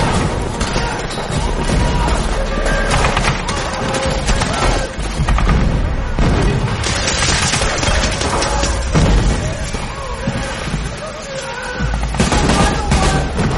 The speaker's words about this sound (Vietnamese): 5-6 thằng Tàu gục ngay sau loạt đạn đầu tiên.